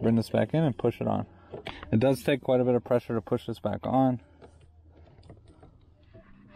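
Someone talks while pushing a Diode Dynamics LED flasher relay for the turn signals, with its plastic clip on the bottom, back onto its mounting bracket under the dash of a turbo Corolla, a job that takes quite a bit of pressure. After the talking stops around 4.2 s, only faint handling taps are heard at about 4.4, 5.2 and 5.3 s. Nothing has seated or clicked yet.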